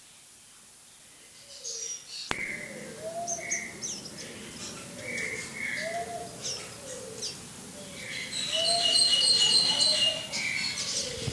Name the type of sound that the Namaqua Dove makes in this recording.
song